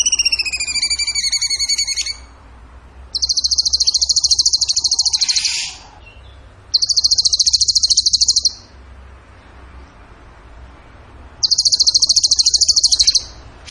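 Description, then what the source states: Bird song opening with layered descending whistled trills, followed by three very high rapid trills separated by pauses. Training song (masteran) in the tembakan gacor style.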